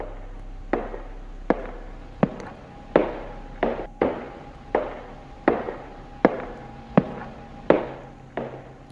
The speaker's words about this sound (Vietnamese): Bởi vì bây giờ đang là ban đêm, có lẽ mẹ gã cũng đã đi ngủ, không còn choa choa mắng ở ngoài kia nữa. Cho nên cái âm thanh đấy nó rõ lắm, là tiếng bước chân.